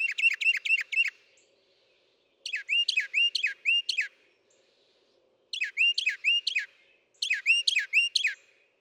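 Northern mockingbird song: bursts of quick looped notes repeated several times per set, with short gaps between sets.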